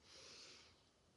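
A single airy, snorting breath lasts about a second, loudest at the start and then fading, with a hissy rather than rumbling tone. It is the loud snoring of Lulu, a sleeping dog who has had a hard day.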